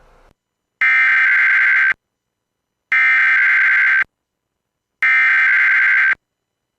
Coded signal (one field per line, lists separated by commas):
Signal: Emergency Alert System (SAME) tones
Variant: header bursts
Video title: Required Weekly Test On WDFA 2/5/22 (EAS #1041)